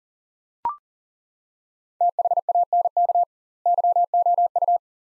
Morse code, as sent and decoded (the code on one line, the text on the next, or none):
- .... .- -. -.- / -.-- --- ..-
THANK YOU